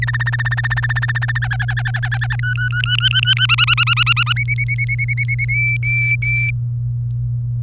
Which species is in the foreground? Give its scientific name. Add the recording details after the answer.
Serinus canaria. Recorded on 24 April 2018 at 12:43. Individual llb3